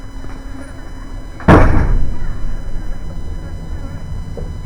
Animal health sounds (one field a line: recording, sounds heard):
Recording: poultry house recording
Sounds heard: background noise or bird activity such as feeding and pecking